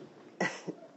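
Two short coughs from a sick adult in a quiet room, a strong burst then a softer one.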